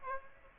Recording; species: mosquito wingbeat signal from an infrared sensor; Aedes aegypti